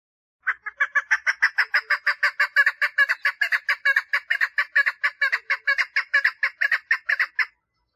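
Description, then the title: Partridge song: a fast, steady series of many clucking notes over about seven seconds, even in pitch. "Perdiz Cantando"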